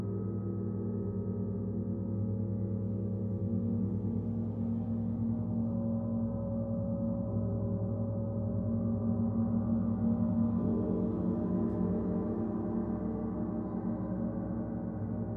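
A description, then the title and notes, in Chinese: A gong rings in a long, sustained wash, its low, dense tones holding steady for the whole stretch with a slow wavering shimmer. The sound is mostly low and warm with little brightness, swelling slightly around the middle before settling back. 銅鑼練習Gong。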